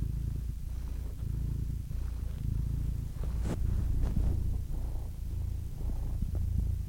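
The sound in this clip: Domestic cat purring as a low rumble, interrupted by a sharp click and a few light knocks midway.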